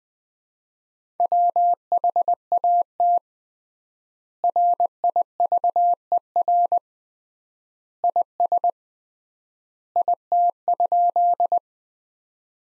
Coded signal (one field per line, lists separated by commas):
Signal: Morse code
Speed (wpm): 20 wpm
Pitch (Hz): 700 Hz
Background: none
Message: WHAT RIVER IS IT?